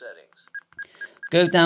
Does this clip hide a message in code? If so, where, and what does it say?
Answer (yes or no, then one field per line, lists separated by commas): no